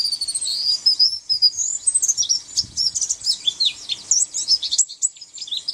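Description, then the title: White-eye song, a rapid, continuous jumble of high, thin twittering notes and slurred chirps, running without pause throughout. "Pleci"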